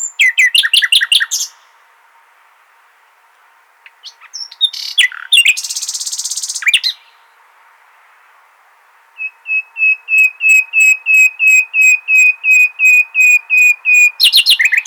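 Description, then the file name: Common nightingale song in separate bursts: dense trilled notes, then a buzzy, harsh phrase, then a long run of rapid, evenly repeated whistled notes. "Luscinia megarhynchos"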